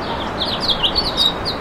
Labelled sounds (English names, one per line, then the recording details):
House Finch song
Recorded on Long Island, New York, on 26 June 2012
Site BW
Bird A